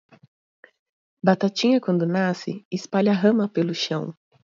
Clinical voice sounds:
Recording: short text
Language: Brazilian Portuguese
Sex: female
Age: 30 to 39 years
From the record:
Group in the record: control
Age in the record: 36 years

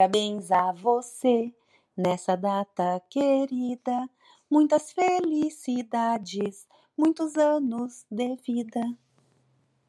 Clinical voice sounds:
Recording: short text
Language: Brazilian Portuguese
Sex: female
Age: 50 to 59 years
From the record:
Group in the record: control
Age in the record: 51 years

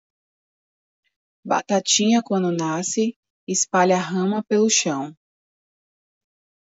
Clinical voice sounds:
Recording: short text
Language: Brazilian Portuguese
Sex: female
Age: 30 to 39 years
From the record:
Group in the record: control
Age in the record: 34 years

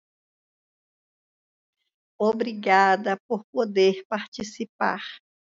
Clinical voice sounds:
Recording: spoken sentence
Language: Brazilian Portuguese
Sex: female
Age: 50 to 59 years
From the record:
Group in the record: control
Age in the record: 58 years

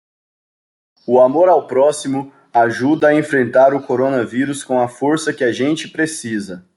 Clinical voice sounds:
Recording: spoken sentence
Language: Brazilian Portuguese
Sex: male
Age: 20 to 29 years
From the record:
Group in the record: control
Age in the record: 28 years

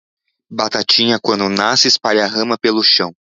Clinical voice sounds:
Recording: short text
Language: Brazilian Portuguese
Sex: male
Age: 30 to 39 years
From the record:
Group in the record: control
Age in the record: 37 years

